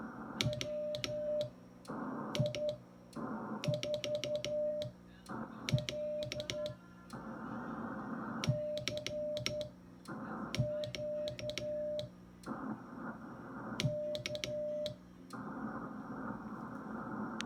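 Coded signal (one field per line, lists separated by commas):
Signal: Morse code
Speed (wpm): 11 wpm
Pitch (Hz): 600 Hz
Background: none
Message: WI4L CQ K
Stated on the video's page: CW sent while watching a watt meter to keep correct spacing.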